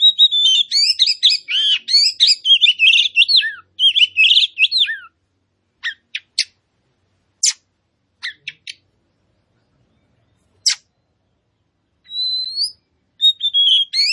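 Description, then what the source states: Oriental magpie-robin pouring out varied whistled and chattering phrases for about five seconds, then scattered sharp clicks, ending with two short whistled phrases. Kacer poci variety, singing vigorously (gacor).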